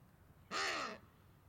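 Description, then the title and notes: Wattled ibis giving a single loud, harsh, nasal croak of about half a second over a low background hiss. Small group feeding on crags on the Sanetti Plateau. "Wattled Ibises On The Sanetti Plateau. A small group of Wattled Ibis feeding on crags in the Sanetti Plateau"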